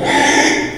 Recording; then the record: squeal of a Yucatan mini pig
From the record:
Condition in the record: after surgery on the right vocal fold (resection and tissue-engineered implant); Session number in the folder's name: 3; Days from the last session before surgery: 33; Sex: male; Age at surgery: 12 weeks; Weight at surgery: 13 kg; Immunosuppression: cyclosporine, prednisolone